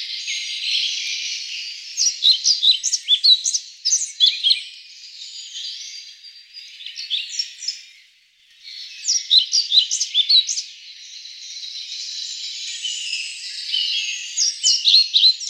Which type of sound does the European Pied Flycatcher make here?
song